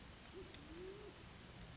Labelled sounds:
Band-tailed Pigeon (Patagioenas fasciata)
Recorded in Sonoma County, California

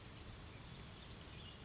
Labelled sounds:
Brown Creeper (Certhia americana)
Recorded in Sonoma County, California

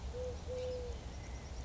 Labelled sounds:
Eurasian Collared Dove (Streptopelia decaocto)
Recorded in Sonoma County, California

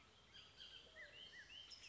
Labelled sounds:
Bullock's Oriole (Icterus bullockii)
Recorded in Sonoma County, California

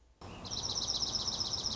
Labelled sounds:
Dark-eyed Junco (Junco hyemalis)
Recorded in Sonoma County, California

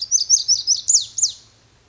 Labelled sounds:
Pacific Wren (Troglodytes pacificus)
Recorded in Sonoma County, California

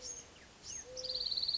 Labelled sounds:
Mourning Dove (Zenaida macroura)
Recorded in Sonoma County, California

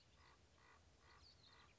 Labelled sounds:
Common Raven (Corvus corax)
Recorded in Sonoma County, California

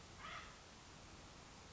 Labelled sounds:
Acorn Woodpecker (Melanerpes formicivorus)
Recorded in Sonoma County, California

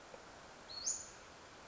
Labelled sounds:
Western Flycatcher (Empidonax difficilis)
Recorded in Sonoma County, California

